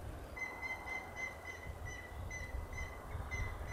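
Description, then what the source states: Grey-headed woodpecker calling: a run of clear, even whistled notes over a steady low rumble of background noise. Calling intensely in forest at Mäntsälä, Finland, during a spring outing.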